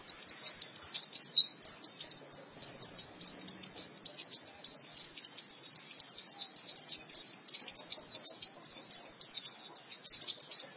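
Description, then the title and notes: White-eye singing a fast, continuous twitter of high chirps, about four a second. "Kicauan Burung Pleci Durasi Panjang. Suara kicauan burung pleci"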